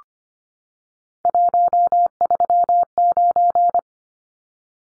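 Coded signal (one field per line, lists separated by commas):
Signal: Morse code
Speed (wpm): 25 wpm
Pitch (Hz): 700 Hz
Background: none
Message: 139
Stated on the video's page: Three-digit number head-copy drill at 25wpm, each sent in Morse, spoken, then sent again.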